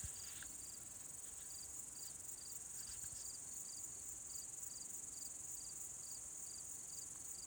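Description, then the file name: Cricket chirps, short high pulses repeated quickly, set against a continuous shrill insect drone. "Grillen"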